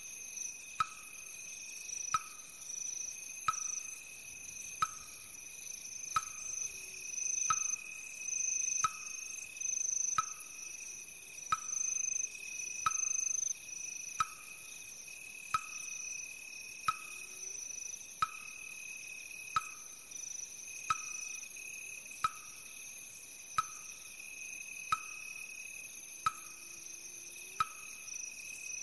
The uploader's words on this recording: The dance of crickets and wooden fish, the dance of fireflies and the harmonious heartbeat of wooden fish.